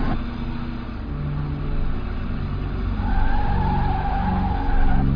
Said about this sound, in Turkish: İşte bak. İneceği yere geldi. Şimdi minibüs duracak ve içinden inecek.